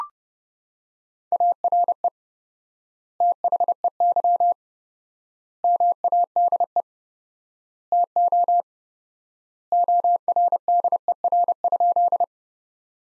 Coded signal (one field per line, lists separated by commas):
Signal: Morse code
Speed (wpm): 30 wpm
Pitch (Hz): 700 Hz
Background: none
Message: ARE THEY MADE TO ORDER?